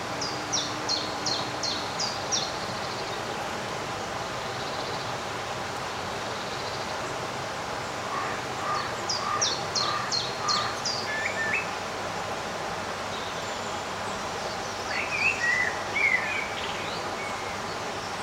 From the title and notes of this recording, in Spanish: Un día de verano en el jardín. En este paisaje sonoro encantador, experimenten la magia de un día de verano casi sin viento. Los pájaros entonan sus dulces melodías.